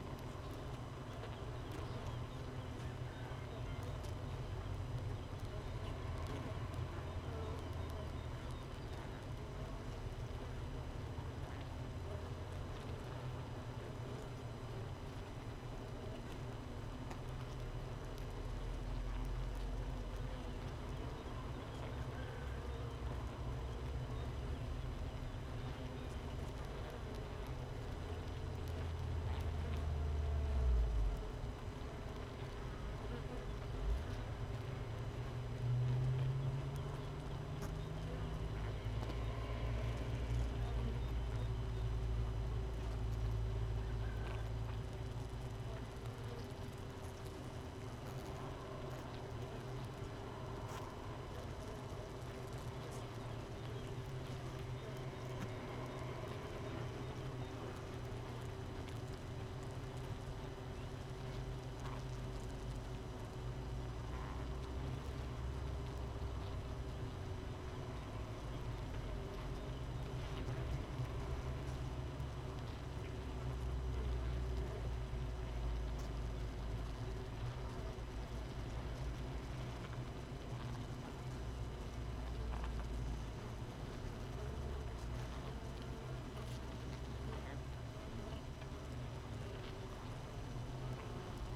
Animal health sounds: honeybee colony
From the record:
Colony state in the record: missing queen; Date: 31 May 2018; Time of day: 6:06

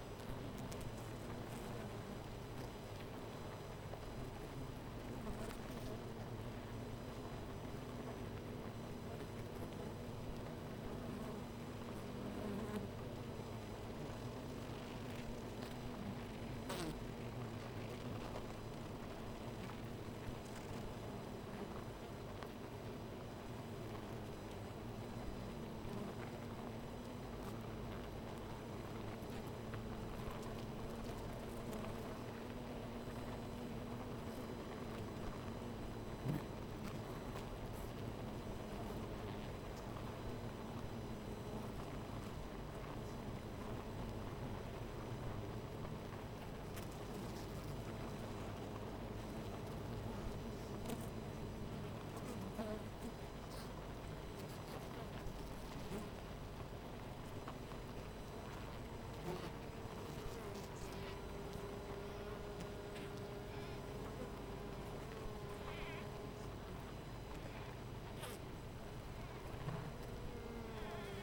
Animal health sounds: honeybee colony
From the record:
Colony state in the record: missing queen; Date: 14 July 2017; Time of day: 13:17

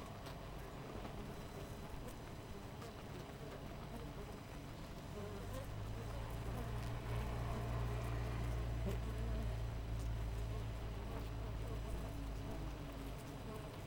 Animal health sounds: honeybee colony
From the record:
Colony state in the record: missing queen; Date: 14 July 2017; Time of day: 6:20

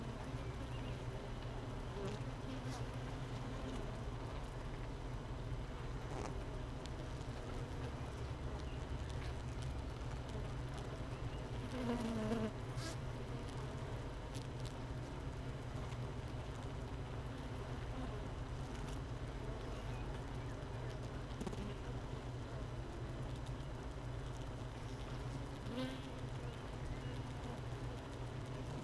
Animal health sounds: honeybee colony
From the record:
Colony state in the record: missing queen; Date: 31 May 2018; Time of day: 13:40

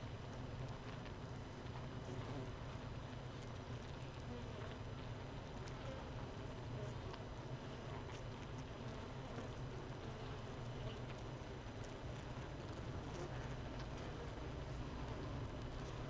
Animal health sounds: honeybee colony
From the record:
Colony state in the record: missing queen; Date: 31 May 2018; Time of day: 15:51

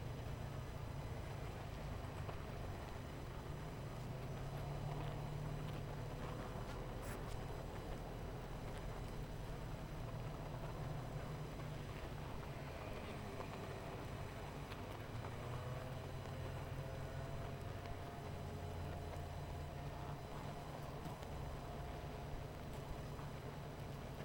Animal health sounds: honeybee colony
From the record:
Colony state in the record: missing queen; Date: 14 July 2017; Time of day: 18:06

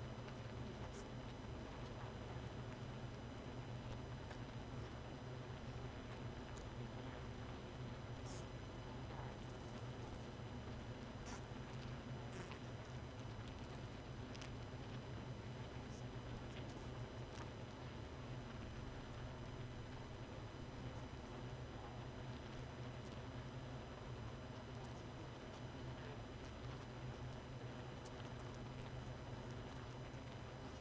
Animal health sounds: honeybee colony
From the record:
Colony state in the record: missing queen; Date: 31 May 2018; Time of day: 1:15

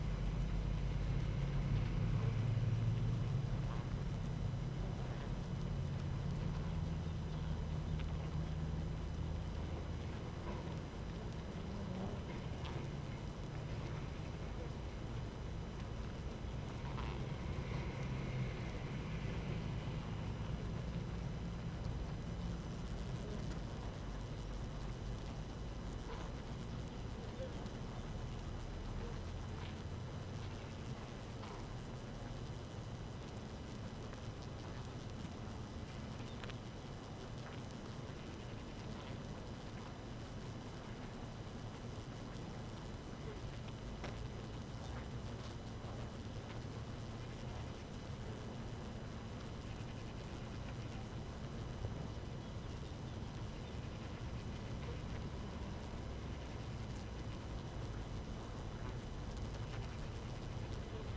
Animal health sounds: honeybee colony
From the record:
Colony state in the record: active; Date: 12 June 2018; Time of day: 6:10

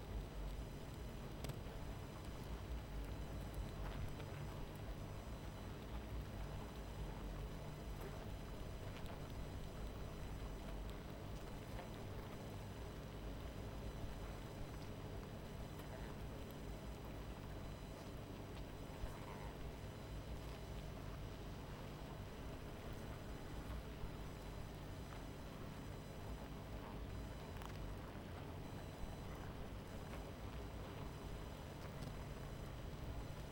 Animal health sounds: honeybee colony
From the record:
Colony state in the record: missing queen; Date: 14 July 2017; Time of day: 23:42

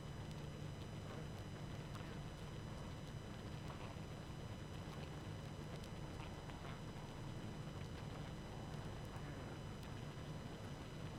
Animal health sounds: honeybee colony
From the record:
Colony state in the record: active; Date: 12 June 2018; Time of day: 20:31

